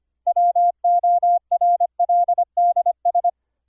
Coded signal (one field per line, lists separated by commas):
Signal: Morse code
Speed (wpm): 25 wpm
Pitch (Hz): 700 Hz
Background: none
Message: WORLDS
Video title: Morse Code QSO over the internet - software setup - config 22 - KXstudio(pt 2)